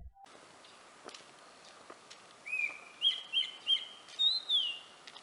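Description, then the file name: Grey-winged blackbird song: a run of six fluty, slurred whistled notes over quiet background hiss. "Grey-winged blackbird Alok"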